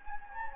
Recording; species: mosquito wingbeat signal from an infrared sensor; Anopheles gambiae